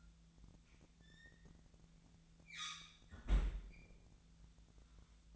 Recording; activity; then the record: daily activity, microphone in the room; close fridge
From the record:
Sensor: 3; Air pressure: 1009.6 hPa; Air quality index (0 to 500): 194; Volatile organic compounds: 16 ppm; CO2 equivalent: 2522 ppm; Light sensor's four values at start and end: 33/82/35/37 and 32/81/34/36